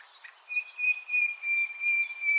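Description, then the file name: Common nightingale giving a long, steady, pure whistled note held for about two seconds, with faint other bird notes behind. "Luscinia megarhynchos"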